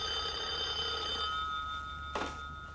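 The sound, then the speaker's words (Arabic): A telephone bell rings steadily with a bright, high metallic tone in a radio play, then stops, followed by a short burst of noise like the receiver being picked up. “ردي على التليفون.”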